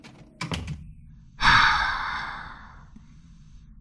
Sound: heavy sigh

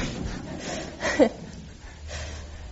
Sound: laughter

